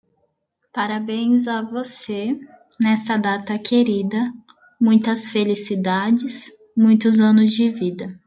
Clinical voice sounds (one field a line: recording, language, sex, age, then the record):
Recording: short text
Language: Brazilian Portuguese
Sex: female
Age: 18 to 19 years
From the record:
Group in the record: control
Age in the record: 19 years